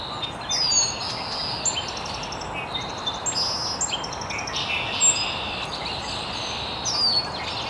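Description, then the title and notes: Birds chirping in an overlapping chorus of high whistles, short trills and twitters, with a continuous hiss behind. Birds chirping very early in the morning in an estuary. "Birds Chirping in the Early Morning. Original sounds of birds chirping very early in the morning in an estuary"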